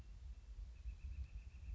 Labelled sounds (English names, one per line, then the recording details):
Northern Flicker
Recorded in Sonoma County, California